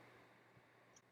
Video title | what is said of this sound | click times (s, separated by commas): How to Install the 52 in Windward Outdoor Ceiling Fan | attach the blades simply insert the blade into the slot and the flywheel of the motor and push it to lock it in place | 1.0 s